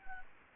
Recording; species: mosquito wingbeat signal from an infrared sensor; Anopheles gambiae